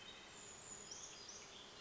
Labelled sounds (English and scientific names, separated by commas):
Brown Creeper (Certhia americana)